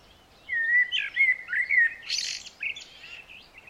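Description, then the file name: Eurasian blackbird phrase of smooth fluted whistles that ends in a burst of harsh, high twittering, then softer trailing notes. "Turdus merula"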